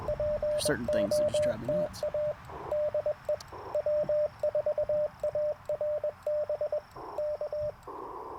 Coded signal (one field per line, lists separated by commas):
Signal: Morse code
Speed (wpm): 22 wpm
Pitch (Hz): 600 Hz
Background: speech, radio noise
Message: POTA DE W4ARB K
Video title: Morning Morse Code - 11/11/2024